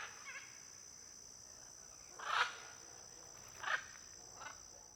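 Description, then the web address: Blue-and-yellow macaw giving two strong rasping squawks about a second apart, a faint third call after, with constant high-pitched cricket noise behind. Flock of macaws in an area with many palm trees, with crickets audible. "Conjunto de Araras em Area de Muitas Palmeiras e ruidos de grilo. arara caninde"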